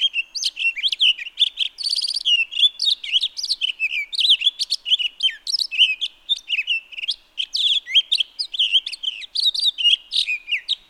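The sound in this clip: Townsend's solitaire song: a long, continuous warbling stream of rapid, varied high notes, fluty and twittering, running without pause throughout.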